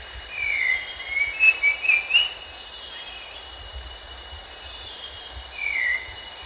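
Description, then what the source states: Grey-cheeked bulbul giving clear whistled notes, a slurred opening phrase then a quick run of four short whistles, with one more slurred note near the end, over a steady insect drone. Recorded at Danum on 1 April 2006.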